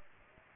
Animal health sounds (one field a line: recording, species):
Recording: mosquito wingbeat signal from an infrared sensor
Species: Aedes aegypti